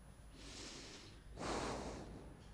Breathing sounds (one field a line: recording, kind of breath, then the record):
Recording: one breath in and out by a microphone near the nose and mouth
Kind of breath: deep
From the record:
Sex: male